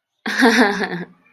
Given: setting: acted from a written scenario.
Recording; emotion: vocal sound without words; amusement